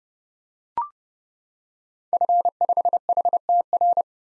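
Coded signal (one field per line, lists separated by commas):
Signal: Morse code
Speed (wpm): 30 wpm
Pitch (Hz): 700 Hz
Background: none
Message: F5HTR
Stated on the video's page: Most common early-2023 SOTA activator call signs sent at 30 wpm for head-copy drill, each sent, spoken, then sent again.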